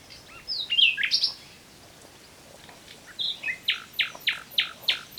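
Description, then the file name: Common nightingale singing a jumble of sliding whistles, then after a pause a steady series of about six loud, repeated notes. "Luscinia megarhynchos"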